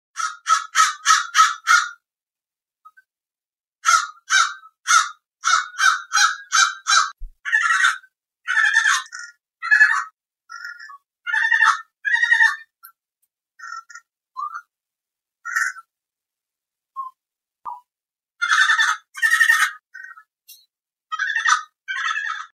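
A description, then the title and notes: A crow runs through a varied series of calls: a rapid burst of clipped caws at the start, another quick run around five seconds, then slower, rougher croaks and softer notes spaced by pauses. The background is otherwise silent. Wendall recorded the sound of a crow running through an array of calls. She filtered out the background noise and deleted some of the silent stretches.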